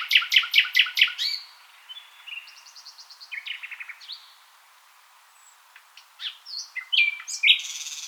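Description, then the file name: Common nightingale song: loud rapid repeated notes at the start, then softer trills and whistles, a quiet gap, and a renewed burst of varied rich phrases. "Luscinia megarhynchos"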